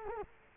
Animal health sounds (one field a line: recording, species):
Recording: mosquito wingbeat signal from an infrared sensor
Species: Culex quinquefasciatus